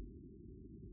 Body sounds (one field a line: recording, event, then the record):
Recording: neck accelerometer signal played as sound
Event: no cough (speech, laughter, throat clearing or background)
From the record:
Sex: female